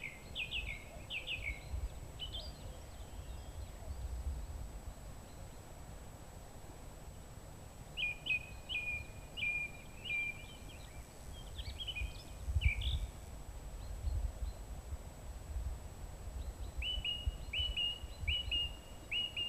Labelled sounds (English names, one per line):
Song Thrush song